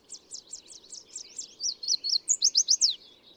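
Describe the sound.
Bird giving a single short song of quick high notes rising in loudness into sharp ringing slurs at the finish.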